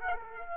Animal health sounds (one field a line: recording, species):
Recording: mosquito wingbeat signal from an infrared sensor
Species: Aedes aegypti